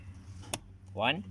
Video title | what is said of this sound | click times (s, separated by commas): Tutorial on inspecting your car cabin filter and how to change it | you press you'll hear to click one | 0.5 s